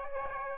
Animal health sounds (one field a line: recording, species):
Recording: mosquito wingbeat signal from an infrared sensor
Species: Aedes aegypti